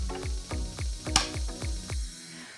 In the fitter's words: down until you hear it click into place and now do this with the second beater